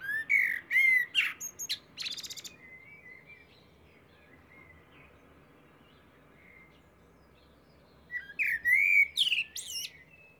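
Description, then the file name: Eurasian blackbird singing two phrases of rich, slurred fluty notes, each capped by high squeaky twittering, with a quiet gap between them. "Turdus merula"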